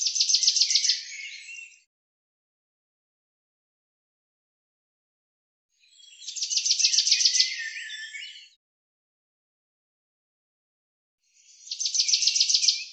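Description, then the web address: Common chaffinch song: three bright, fast rattling phrases, repeated roughly every five to six seconds. "Deverinetal 2025 File cleaned normalized Bird Fr Co"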